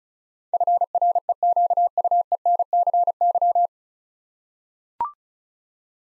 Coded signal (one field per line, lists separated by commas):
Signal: Morse code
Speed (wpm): 36 wpm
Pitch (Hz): 700 Hz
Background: none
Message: FREQUENCY